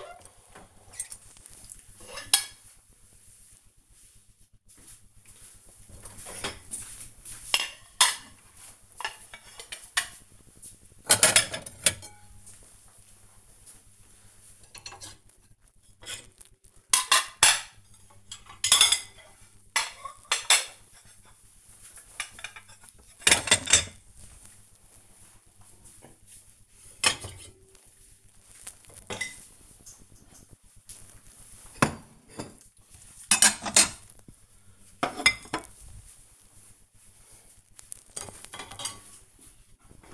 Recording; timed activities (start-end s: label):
household activities, microphone on the right wrist
0.00-40.14 s: cleaning out the dishwasher